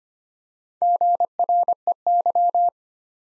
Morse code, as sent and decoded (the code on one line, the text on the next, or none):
--. .-. . -.--
GREY